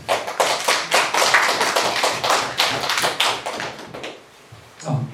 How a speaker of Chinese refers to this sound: 我们给神一个掌声好吗？